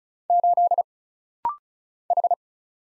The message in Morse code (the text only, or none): 8 H